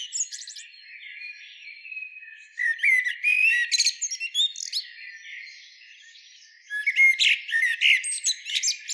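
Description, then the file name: Common blackbird song with bursts of warbled notes and harsh high twitters, quieter thin whistles and chatter filling the gaps. "Turdus merula"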